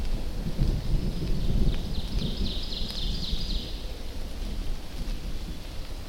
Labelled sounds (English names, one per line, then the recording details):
Ovenbird song
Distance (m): 60 m
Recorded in boreal forest in Alberta, Canada, on 24 June 2016 at 07:45
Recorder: SongMeter 3, array SBT-6-76
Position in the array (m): 19 m, 22 m
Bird 2